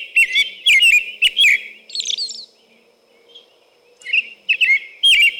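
American robin singing a run of warbled, whistled syllables in quick succession, then a short break before another string of rich caroling phrases.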